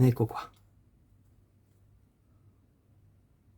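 While assembling a Hachette Mazinga Z model robot kit (issue 2), someone talks briefly, then turns a screwdriver backwards on a small metal screw in a plastic part to find the thread start. After the short speech, only a faint low hum remains. Nothing has seated or clicked yet.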